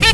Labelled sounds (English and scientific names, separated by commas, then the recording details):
Zebra Finch (Taeniopygia guttata) stack call
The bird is a female
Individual fem5